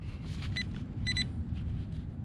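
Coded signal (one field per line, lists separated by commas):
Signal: none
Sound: a metal detector's tones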